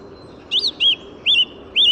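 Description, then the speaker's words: Song Thrush singing four clear, slurred whistled notes, the last three alike, over steady low background noise. Calm, deliberate song of phrases made of repeated notes, just before daybreak in an urban park in the Paris region, France, with south wind and city and motorway noise behind. "Et là, actuellement, pour ce presque lever du jour, je suis sur une grive musicienne, avec son chant posé, réfléchi, des phrases constituées de notes répétées, très agréables."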